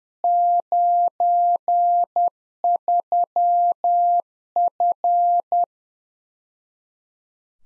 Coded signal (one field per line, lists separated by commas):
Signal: Morse code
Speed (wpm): 10 wpm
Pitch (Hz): 700 Hz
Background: none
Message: 93F